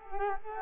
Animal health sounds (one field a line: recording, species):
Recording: mosquito wingbeat signal from an infrared sensor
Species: Culex quinquefasciatus